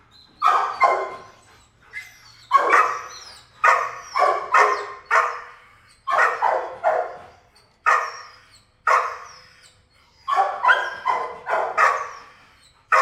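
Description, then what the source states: Dog barking in loud, harsh bursts, often doubled or tripled, with short pauses between volleys throughout. Dog barking in a kennel, recorded from different perspectives in a roomy, quiet room.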